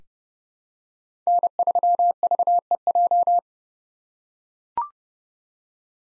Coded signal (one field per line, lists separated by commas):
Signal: Morse code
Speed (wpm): 30 wpm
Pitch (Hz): 700 Hz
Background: none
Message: N3VEJ